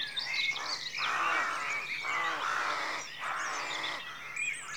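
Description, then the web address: Hoarse rook caws run almost without pause, overlapping one another, while smaller birds chirp and whistle high above. Rookery at dawn in a rural setting; outdoor atmosphere. "BBC Sound Effects Library. Rookery Dawn"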